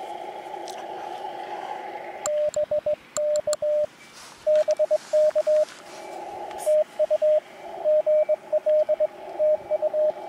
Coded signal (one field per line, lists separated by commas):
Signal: Morse code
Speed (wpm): 16 wpm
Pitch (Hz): 610 Hz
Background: radio noise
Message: BK BK TU GL TU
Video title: CQ出したら5連続応答！ QSBに負けるな！ 5交信ノーカット 河川敷 プチ移動運用 初心者 CW 43日目 (その2) 16WPM 2022/02/15 アマチュア無線 VLOG 53